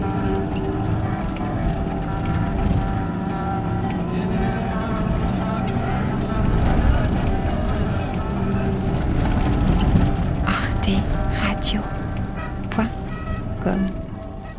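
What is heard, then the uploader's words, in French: A 4x4 rumbles steadily while radio voices and Tuareg music play over it, with a few bright clanks and rattles near the end. Une carte postale du Niger Une virée en 4x4 avec la radio, la musique touareg, les rencontres au fil de la route... Enregistrement : septembre 03.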